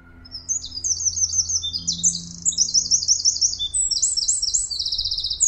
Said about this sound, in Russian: у него довольно сложная песня, но у него всегда внутри есть трещотка. И если вы научитесь узнавать именно вот эту трещоточку, давайте напомним, как звучит крапивник, раз зарянку и крапивник иногда путают.